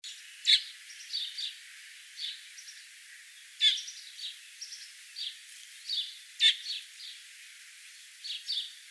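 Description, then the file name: Common blackbird calls, loud sharp chinks roughly every three seconds, with frequent quieter high chirps filling the gaps. "Turdus merula"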